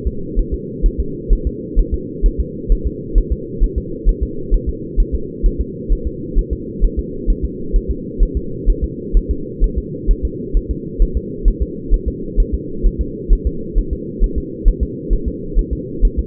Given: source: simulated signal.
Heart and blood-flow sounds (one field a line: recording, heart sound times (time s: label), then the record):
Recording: fetal heart sounds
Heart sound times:
0.07 s: S2
0.39 s: S1
0.54 s: S2
0.86 s: S1
1.00 s: S2
1.33 s: S1
1.47 s: S2
1.79 s: S1
1.94 s: S2
2.26 s: S1
2.40 s: S2
2.72 s: S1
2.87 s: S2
3.18 s: S1
3.32 s: S2
3.63 s: S1
3.78 s: S2
4.09 s: S1
4.23 s: S2
4.54 s: S1
4.69 s: S2
5.00 s: S1
5.15 s: S2
5.46 s: S1
5.61 s: S2
5.92 s: S1
6.07 s: S2
6.38 s: S1
6.53 s: S2
6.84 s: S1
6.99 s: S2
7.30 s: S1
7.45 s: S2
7.76 s: S1
7.91 s: S2
8.23 s: S1
8.37 s: S2
8.69 s: S1
8.84 s: S2
9.17 s: S1
9.31 s: S2
9.64 s: S1
9.78 s: S2
10.11 s: S1
10.25 s: S2
10.57 s: S1
10.71 s: S2
11.02 s: S1
11.17 s: S2
11.48 s: S1
11.62 s: S2
11.94 s: S1
12.08 s: S2
12.40 s: S1
12.54 s: S2
12.86 s: S1
13.01 s: S2
13.33 s: S1
13.47 s: S2
13.78 s: S1
13.93 s: S2
14.24 s: S1
14.38 s: S2
14.68 s: S1
14.83 s: S2
15.13 s: S1
15.28 s: S2
15.59 s: S1
15.73 s: S2
16.05 s: S1
16.19 s: S2
From the record:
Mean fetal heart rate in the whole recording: 130 bpm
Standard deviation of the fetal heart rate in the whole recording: 2 bpm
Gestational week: 38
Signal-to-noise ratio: -4.3 dB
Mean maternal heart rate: 72 bpm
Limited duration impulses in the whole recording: absent